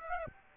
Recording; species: mosquito wingbeat signal from an infrared sensor; Aedes aegypti